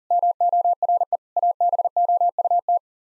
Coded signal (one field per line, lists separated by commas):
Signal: Morse code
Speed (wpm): 40 wpm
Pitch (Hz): 700 Hz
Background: none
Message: MORE ABOUT